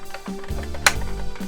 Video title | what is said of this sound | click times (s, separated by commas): Toy Collection Update #13 (Episode 58 - ReeYees Retro Toys) | clicks into place | 0.9 s